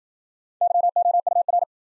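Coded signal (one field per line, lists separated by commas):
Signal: Morse code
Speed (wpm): 54 wpm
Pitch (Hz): 700 Hz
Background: none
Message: YOUR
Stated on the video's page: Morse new-word head-copy drill at 55 wpm, built on sentences from the top 100 words; each word is sent, spoken, then sent again.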